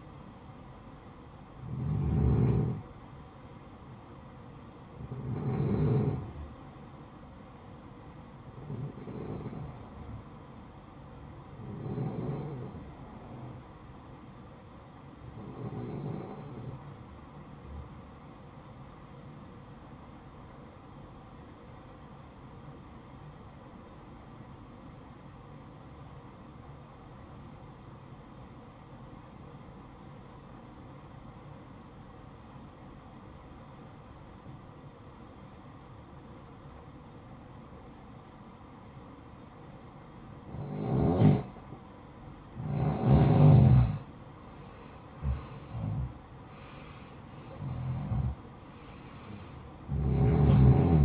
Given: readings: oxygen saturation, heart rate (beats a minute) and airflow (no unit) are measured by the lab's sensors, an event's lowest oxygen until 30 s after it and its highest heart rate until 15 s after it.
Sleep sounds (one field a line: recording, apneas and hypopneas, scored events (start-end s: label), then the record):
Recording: breathing in sleep by a smartphone at the bedside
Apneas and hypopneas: 1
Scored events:
22.00-40.30 s: obstructive apnea (N1, oxygen 95% highest, then 87% lowest, heart rate 59 at the start, 72 highest)
From the record:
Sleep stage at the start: N1 (lightest sleep)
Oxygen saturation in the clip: 88 to 95%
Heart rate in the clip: 57 to 72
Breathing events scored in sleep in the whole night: 573 in 9.8 hours asleep